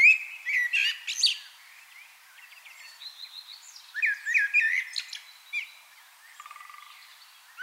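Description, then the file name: Common blackbird song: a run of warbling, slurred notes with scratchy high twitters, several phrases close together, then quieter, softer notes near the end. "Turdus merula"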